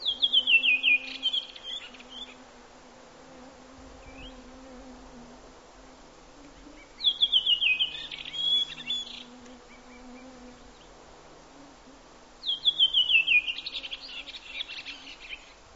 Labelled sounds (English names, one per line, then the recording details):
Redwing song
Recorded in the wild
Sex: male
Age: adult
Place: Halbinsel Kindo, Karelien, RU
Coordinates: 66.5472, 33.1189
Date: 1995-06-20 23:48
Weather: fair, 15°C
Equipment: Sony TCD-D3, Sennheiser MKH 70, Windkorb
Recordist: Frommolt, Karl-Heinz